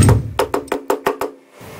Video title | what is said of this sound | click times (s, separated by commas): Hidrolik silindir keçe değişimi. Hidrolik silindirin keçesi nasıl değiştirilir. | Yerine oturdu. | 0.4 s, 0.5 s, 0.7 s, 0.9 s, 1.1 s, 1.2 s